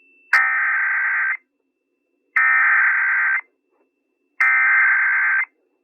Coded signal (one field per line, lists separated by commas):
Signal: Emergency Alert System (SAME) tones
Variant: header bursts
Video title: Pity Party - My Submission to the 2023 Fall Brawl Competition - An EAS scenario